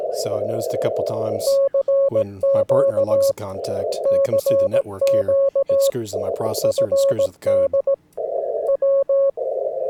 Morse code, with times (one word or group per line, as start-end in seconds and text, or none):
1.5-3.3 CQ
4.1-5.9 CQ
6.6-7.9 FD
8.7-9.3 W